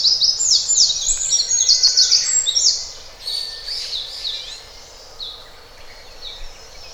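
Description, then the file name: Eurasian wren singing a loud, very fast trill of sharp high notes for about three seconds, then quieter scattered chirps against constant low noise. "Troglodytes troglodytes"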